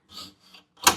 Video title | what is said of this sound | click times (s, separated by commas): Dream Kitchen Update: Drawer Installation Day - Kitchen Part 29 | There's the click. | 0.9 s